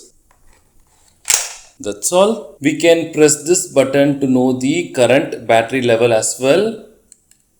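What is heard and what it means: A battery pack is released from a Buildskill 21V brushless cordless impact drill by pressing the release button, with a sharp loud click at 1.3 s. Someone then talks, and a few faint ticks follow near the end.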